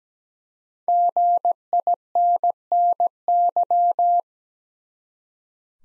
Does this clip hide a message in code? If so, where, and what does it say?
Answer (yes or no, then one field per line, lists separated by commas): yes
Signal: Morse code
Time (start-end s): 0.9-4.2 s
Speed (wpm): 17 wpm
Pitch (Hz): 700 Hz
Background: none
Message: GINNY